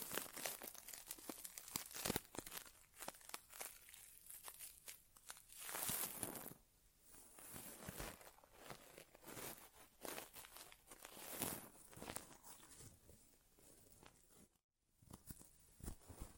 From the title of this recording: ASMR Inner Ear Exam (No Talking)